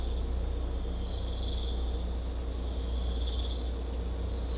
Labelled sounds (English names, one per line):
none